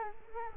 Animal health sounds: mosquito wingbeat signal from an infrared sensor; Culex quinquefasciatus

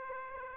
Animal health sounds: mosquito wingbeat signal from an infrared sensor; Aedes aegypti

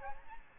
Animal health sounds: mosquito wingbeat signal from an infrared sensor; Aedes albopictus

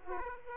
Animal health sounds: mosquito wingbeat signal from an infrared sensor; Aedes aegypti

